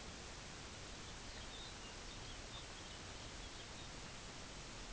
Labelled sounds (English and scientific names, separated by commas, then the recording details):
Lapland Longspur (Calcarius lapponicus)
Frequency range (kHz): Lapland Longspur (Calcarius lapponicus) 1.8-5.3 kHz
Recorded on Arctic tundra, site UTQI-5, on 23 June 2018
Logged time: 04:00